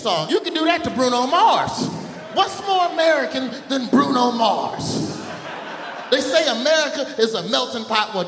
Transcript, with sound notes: You can do that to Bruno Mars. What's more American than Bruno Mars?
(LAUGHTER)
They say America is a melting pot.